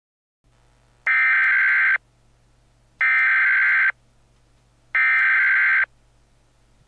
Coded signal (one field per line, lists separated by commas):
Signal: Emergency Alert System (SAME) tones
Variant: header bursts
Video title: EF5 (EAS Scenario)